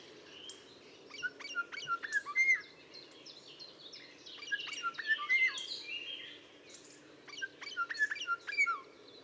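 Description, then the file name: Common starling giving clusters of clicks, bubbling whistles and chattering notes in three bursts separated by short gaps. "Storno"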